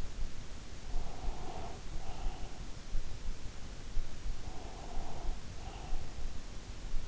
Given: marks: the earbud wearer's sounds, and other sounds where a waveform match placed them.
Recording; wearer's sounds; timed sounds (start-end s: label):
sounds in sleep by an in-ear microphone; breath
0.66-2.80 s: breath
4.16-6.48 s: breath